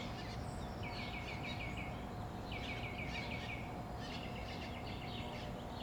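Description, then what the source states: Birds singing: three bursts of fast trilled chirps separated by short pauses, with a steady hum and hiss beneath. Birds at summer dawn in Phoenix, Arizona, USA.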